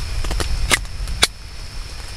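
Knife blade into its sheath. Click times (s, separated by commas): 1.2 s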